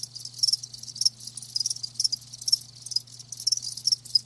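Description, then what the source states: Crickets chirp in rhythmic bursts, a high pulsing trill over a faint steady hum. Live crickets chirping with a lulling song.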